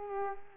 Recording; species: mosquito wingbeat signal from an infrared sensor; Culex quinquefasciatus